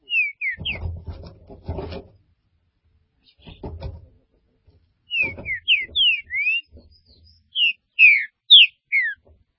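Green-winged saltator song, clear downslurred whistles in quick series, opening with two notes and later a longer sequence of rich whistled phrases; low clattering noises in between.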